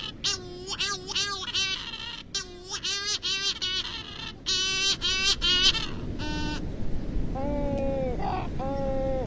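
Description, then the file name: Cory's shearwater song: quick bursts of hoarse, strongly harmonic calls stutter in runs, then a pause before a few longer drawn-out wailing notes over a low rumble. "Canto do cagarro"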